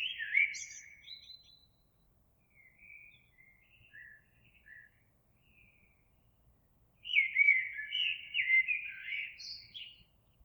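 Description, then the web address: Eurasian blackbird song: mellow whistled phrases with high squeaky codas, soft scattered notes between, then another full loud warble. Recorded 26 April 2022. "oiseaux Merle 2022 04 26"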